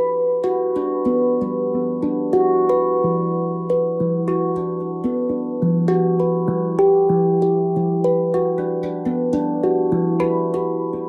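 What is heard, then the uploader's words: A gong piece built from layered, sustained ringing tones that overlap and hang on. New strikes arrive steadily, about every half second, and each one shifts the pitches so the low and middle tones change over time. The loudness stays fairly even throughout. Shifting Energy with Divine Feminine Gong.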